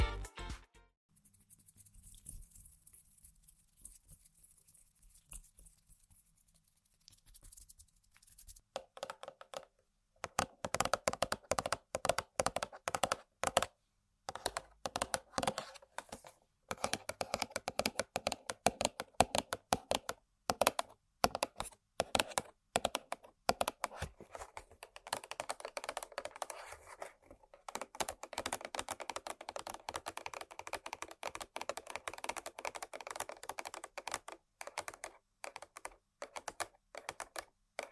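Tapping and scratching on objects, sparse light ticks for the first nine seconds, then dense rapid clicking like typing with brief pauses.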